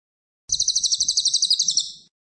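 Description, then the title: Cililin song: a single high-pitched, rapidly pulsed trill of about a dozen sharp notes, fading slightly at the end. Chattering cililin in tight, rapid bursts; suitable as a tutor recording (masteran) for murai (shamas). "Cililin AMPUH. Cililin gacor tembakan rapet cocok untuk masteran murai"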